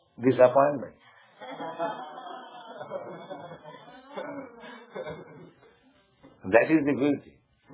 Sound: laughter